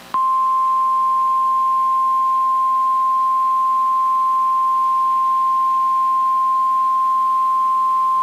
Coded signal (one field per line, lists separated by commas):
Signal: Emergency Alert System (SAME) tones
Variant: 1050 Hz attention tone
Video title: The First FREEZE of the Season | 4/2-8/2026 (EAS #1,898-1,903)